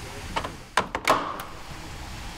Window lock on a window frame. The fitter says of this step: oh that's very satis then it locks into place